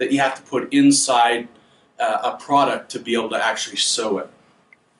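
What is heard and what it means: Someone talks while a removable plastic piece near the small lower arm of a Bravo embroidery machine is handled before being pushed back into place. A brief faint tick is heard at 4.7 s, but nothing has seated or snapped in yet.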